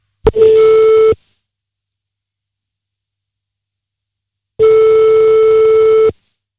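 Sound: telephone line tone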